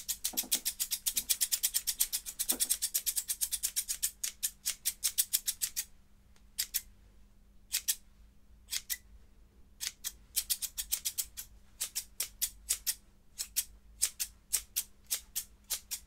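Scissors snip, first in a rapid run of crisp cuts for about four seconds, then in slower, spaced bursts with brief pauses. A faint steady hum sits underneath, with a couple of soft low thumps early on.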